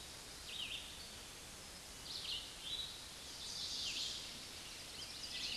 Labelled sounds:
Red-eyed Vireo song
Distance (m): 30 m
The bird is about 15 m above the microphone
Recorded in a Pennsylvania forest on 16 May 2024 at 09:03
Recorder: AudioMoth, point MSD-1539
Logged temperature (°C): 16.0 °C
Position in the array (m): 150 m, 28 m

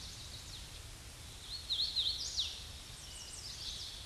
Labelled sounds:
Hooded Warbler song
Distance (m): 35 m
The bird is about 5 m above the microphone
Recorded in a Pennsylvania forest on 16 May 2024 at 07:21
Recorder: AudioMoth, point MSD-2456
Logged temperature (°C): 16.4 °C
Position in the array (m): 165 m, 116 m

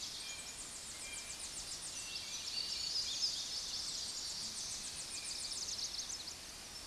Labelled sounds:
Tennessee Warbler song
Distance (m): 40 m
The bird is about 10 m above the microphone
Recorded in a Pennsylvania forest on 16 May 2024 at 06:00
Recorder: AudioMoth, point MSD-2234
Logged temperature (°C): 16.4 °C
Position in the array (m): 53 m, 59 m

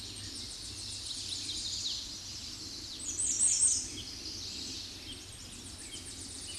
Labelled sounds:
American Redstart song
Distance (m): 15 m
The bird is about 10 m above the microphone
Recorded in a Pennsylvania forest on 16 May 2024 at 06:46
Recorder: AudioMoth, point MSD-2273
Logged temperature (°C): 16.0 °C
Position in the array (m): 48 m, 220 m

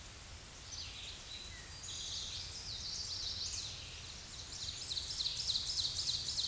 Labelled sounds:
Ovenbird song
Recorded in a Pennsylvania forest on 16 May 2024 at 07:59
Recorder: AudioMoth, point MSD-0627
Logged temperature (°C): 14.8 °C
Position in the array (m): 149 m, -13 m

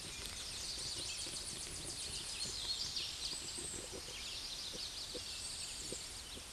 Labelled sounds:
Tennessee Warbler song
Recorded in a Pennsylvania forest on 16 May 2024 at 08:29
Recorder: AudioMoth, point MSD-2155
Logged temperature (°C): 15.6 °C
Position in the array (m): 24 m, 101 m

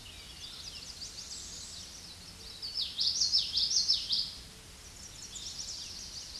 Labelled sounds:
Common Yellowthroat song
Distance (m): 15 m
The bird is about 10 m above the microphone
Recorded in a Pennsylvania forest on 16 May 2024 at 07:46
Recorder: AudioMoth, point MSD-2061
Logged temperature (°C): 16.1 °C
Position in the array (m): 235 m, 174 m

